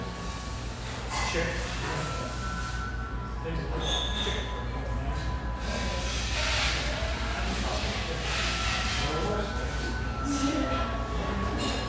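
Lively chatter fills a tea room, many voices overlapping into a dense, steady murmur with no single speaker standing out. A low constant hum runs underneath, and brief brighter clinks and thin tones surface now and then, around four and eleven seconds.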